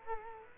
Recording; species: mosquito wingbeat signal from an infrared sensor; Culex quinquefasciatus